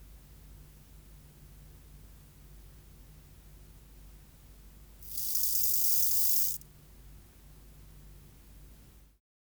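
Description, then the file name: Bow-winged grasshopper song, a single loud hissing stridulation phrase of about one and a half seconds over a quiet low hum. "Chorthippus biguttulus"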